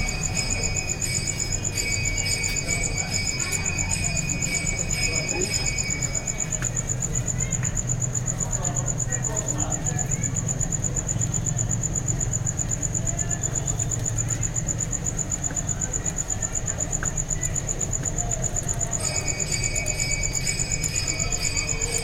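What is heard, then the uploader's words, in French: Wood-eating insects and insect-eating creatures, with a thin, steady high whine running the whole way through. Extra whining tones sit above it for the first seven seconds and again from about nineteen seconds on, over a continuous low rumble and faint murmur. En présence de nos amis xylophages & insectivores.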